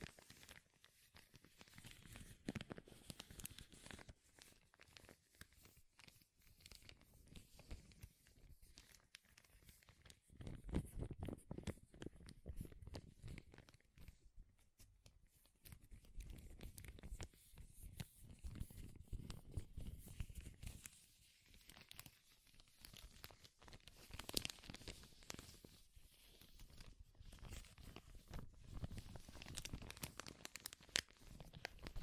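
Crinkling plastic or paper, a dense crackle of sharp rustles and crunches that runs almost unbroken for the whole stretch. Bursts swell and ease in waves, with brief lulls near 14 and 21 seconds, and some heavier tearing, crumpling passages mixed in.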